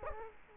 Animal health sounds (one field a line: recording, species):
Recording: mosquito wingbeat signal from an infrared sensor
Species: Culex quinquefasciatus